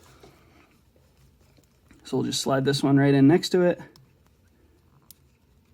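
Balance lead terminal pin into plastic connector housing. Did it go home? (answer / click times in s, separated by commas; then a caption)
yes / 5.1 s. A balance-lead terminal pin from a LiPo battery is slid into the plastic connector housing next to the first pin. Someone talks, then a small sharp click is heard at 5.1 s as the pin seats in the housing.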